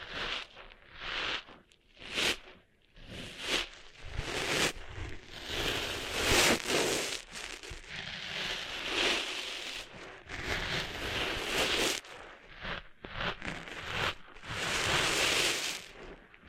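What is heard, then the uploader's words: Scratchy rustling and rubbing as sand is cleaned out of an ear, coming in uneven bursts with brief quieter gaps. The scraping is bright and gritty, swelling and fading every second or two, loudest around the middle and near the end. ASMR Cleaning Sand Out of Your Ears (No Talking).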